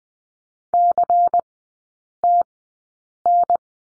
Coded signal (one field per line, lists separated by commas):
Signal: Morse code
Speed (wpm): 20 wpm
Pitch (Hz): 700 Hz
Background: none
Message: CTN